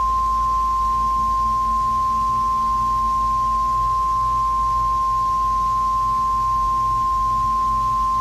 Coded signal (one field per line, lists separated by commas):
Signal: Emergency Alert System (SAME) tones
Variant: 1050 Hz attention tone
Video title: Category 6 - An EAS Scenario (#4)